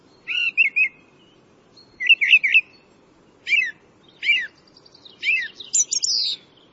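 Bird chirping in short warbled bursts of a few quick notes, phrases coming roughly every second or so, ending in a higher sweeping flourish; faint low background hum.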